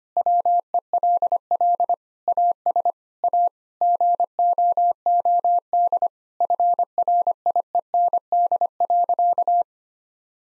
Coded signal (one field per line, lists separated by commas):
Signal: Morse code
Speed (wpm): 25 wpm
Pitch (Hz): 700 Hz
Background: none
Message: WELL AS A GOOD FRIEND.